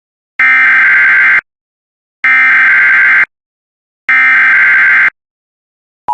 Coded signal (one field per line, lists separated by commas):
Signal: Emergency Alert System (SAME) tones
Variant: header bursts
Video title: Tornado Warning for Carver and Scott, MN (EAS #164)